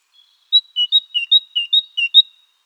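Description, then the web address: Great Tit song: a clear two-note phrase, high then lower, repeated four times in quick succession, ending on a single high note. "birdify. parus major"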